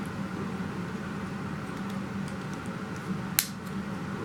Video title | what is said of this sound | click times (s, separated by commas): X-Transbots: Boost and Hatch | snaps into place | 3.4 s